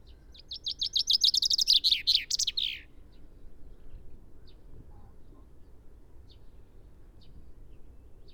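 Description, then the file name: Common chaffinch song: a fast run of bright repeated notes ending in a descending flourish, then faint chirps. "Fringilla coelebs"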